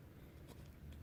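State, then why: Not seated. A small plastic weapon is handled as it is pegged into its storage spot on the back of an action figure, with soft rustling handling noise and a faint brief tick near 0.9 s. Nothing has seated or clicked into place yet.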